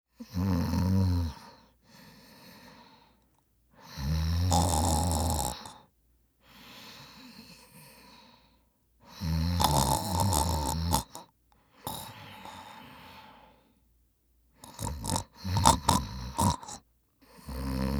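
Snoring from an adult sleeper: loud, low-pitched snores alternating with quieter breaths, at an irregular rhythm.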